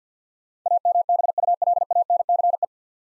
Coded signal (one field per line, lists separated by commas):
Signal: Morse code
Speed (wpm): 50 wpm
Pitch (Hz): 700 Hz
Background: none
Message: AMBULANCE